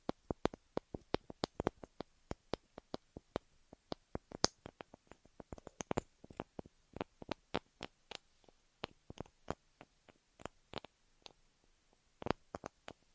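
Ear massage and cleaning sounds: rapid, irregular sharp clicks and taps, dense throughout, with brief clustered bursts and a quiet background.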